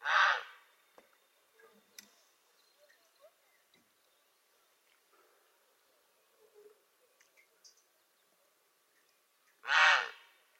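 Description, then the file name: Grey heron calls twice with harsh, gravelly croaks about ten seconds apart, quiet background with faint clicks between. "Czapla Siwa"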